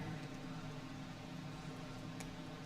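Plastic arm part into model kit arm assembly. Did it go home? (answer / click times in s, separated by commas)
yes / 2.2 s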